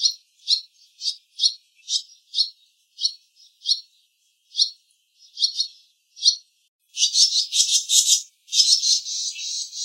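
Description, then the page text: Barn swallow twittering: a run of short high chirps, then a denser burst of scratchy warbled notes toward the end. "ツバメの鳴き声"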